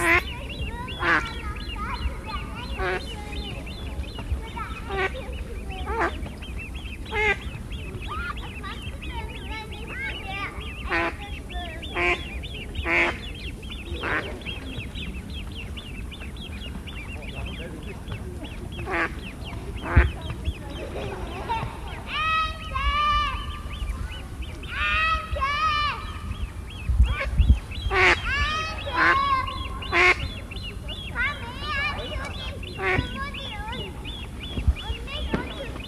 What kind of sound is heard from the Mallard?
call